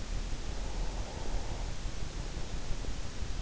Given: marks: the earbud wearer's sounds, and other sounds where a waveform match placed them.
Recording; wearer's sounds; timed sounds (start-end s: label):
sounds in sleep by an in-ear microphone; breath
0.39-3.18 s: breath